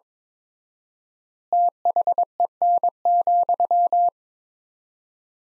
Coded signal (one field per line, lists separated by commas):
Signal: Morse code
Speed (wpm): 22 wpm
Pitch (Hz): 700 Hz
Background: none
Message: THEN,